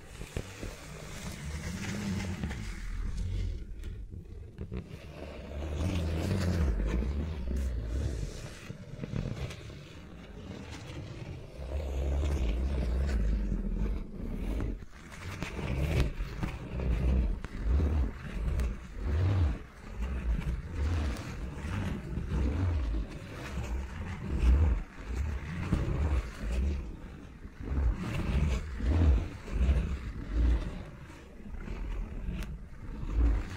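Fingers move around microphones, producing a dense, low rumbling with frequent soft thumps and scratchy brushes that grow busier after about fifteen seconds.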